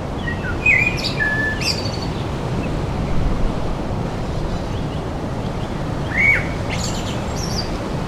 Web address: Tom Hutchings Wind in Trees Heavy with Birdsong